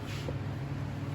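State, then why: Not seated. A motorhome's plastic toilet waste cassette is handled at its bay, ready to be pushed back in. Only a steady low rumble with broadband noise is heard over the 1.2 seconds. Nothing has seated or clicked yet.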